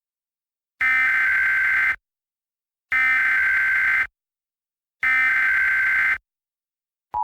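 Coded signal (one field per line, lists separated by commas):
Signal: Emergency Alert System (SAME) tones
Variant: header bursts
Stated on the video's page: Severe thunderstorm warning for Louisville, not recorded on the uploader's own radios.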